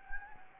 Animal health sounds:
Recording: mosquito wingbeat signal from an infrared sensor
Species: Anopheles gambiae

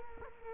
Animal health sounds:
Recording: mosquito wingbeat signal from an infrared sensor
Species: Culex quinquefasciatus

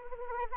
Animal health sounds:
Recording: mosquito wingbeat signal from an infrared sensor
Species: Anopheles arabiensis

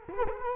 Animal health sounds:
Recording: mosquito wingbeat signal from an infrared sensor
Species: Culex quinquefasciatus

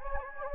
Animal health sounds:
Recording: mosquito wingbeat signal from an infrared sensor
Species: Anopheles gambiae

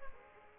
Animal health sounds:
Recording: mosquito wingbeat signal from an infrared sensor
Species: Aedes aegypti

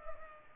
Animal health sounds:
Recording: mosquito wingbeat signal from an infrared sensor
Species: Culex pipiens

